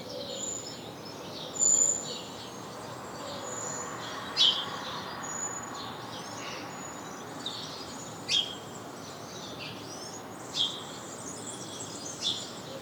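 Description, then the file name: House sparrow chirping: several single sharp notes scattered across the stretch, with thin high tones and light hiss behind. "Passer domesticus"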